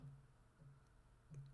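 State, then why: Not seated. The plastic pull handle outer finisher is being lined up with its clips on the door trim panel of a Nissan Altima before it is squeezed home. Only faint handling rustles and soft low bumps are heard over a steady low hum. Nothing has seated or clicked yet.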